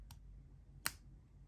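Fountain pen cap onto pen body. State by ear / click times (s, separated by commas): seated / 0.9 s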